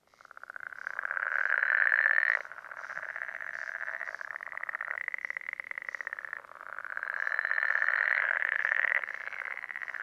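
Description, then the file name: Pool frog calling: long pulsed rattling trills, loudest around two and eight seconds, with quieter calling between. "life dviete. pelophylax lessonae"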